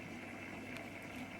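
Pressing a small release button on a DJI Mobile 7P gimbal frees the tabs holding a tabbed attachment piece, and the piece comes out of its mount. A short, sharp click at 0.8 s stands out over a steady broadband hum. The piece is released.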